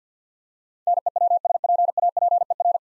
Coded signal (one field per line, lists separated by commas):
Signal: Morse code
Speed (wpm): 50 wpm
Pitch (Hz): 700 Hz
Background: none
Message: NEWSPAPER